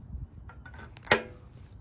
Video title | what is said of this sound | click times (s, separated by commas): Ducati XDiavel S Carbon | It's a solid lock. | 1.1 s